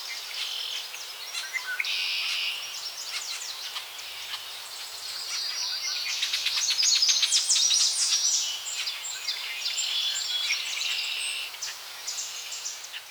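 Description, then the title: Birds chirping and trilling together in a dense, high-pitched chorus that swells in the middle and fades slightly toward the end, over a soft background hiss. Recorded in forest in the early morning at Saguenay, Quebec, Canada. "清晨丛林间的鸟叫_加拿大魁北克沙特圭"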